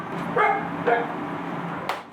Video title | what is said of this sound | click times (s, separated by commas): Loose Motorcycle Fairings Repair | ganyan lang pag nag-click na yan na yung indication na nag-lock na siya | 1.9 s